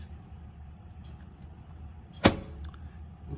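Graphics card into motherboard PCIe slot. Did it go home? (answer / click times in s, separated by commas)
yes / 2.3 s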